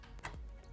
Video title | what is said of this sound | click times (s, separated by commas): Intel NUC Unboxing & Setup - The Ultimate Mini PC! [Hades Canyon] - The Tech Chap | down until it clicks like | 0.2 s